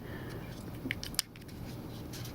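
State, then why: Seated. A small card, most likely a memory card, is pushed into the slot of a Zoom H1 Handy Recorder, a handheld audio recorder, and the door is then closed over it. Faint scraping ticks at about 0.9 and 1.0 seconds lead to a sharp, loud click at 1.2 seconds as the card seats, followed by a few soft ticks. The card clicks fully into place.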